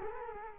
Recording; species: mosquito wingbeat signal from an infrared sensor; Culex quinquefasciatus